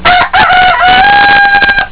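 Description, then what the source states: Chicken: a rooster crows once, a short harsh opening note followed by a long drawn-out tone. Rooster (adult male) crowing.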